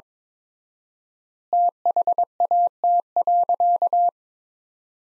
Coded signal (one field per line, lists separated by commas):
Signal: Morse code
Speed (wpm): 22 wpm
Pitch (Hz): 700 Hz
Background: none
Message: THAT.